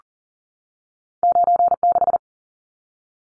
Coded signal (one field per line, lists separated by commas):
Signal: Morse code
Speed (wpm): 40 wpm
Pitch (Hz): 700 Hz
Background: none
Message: 96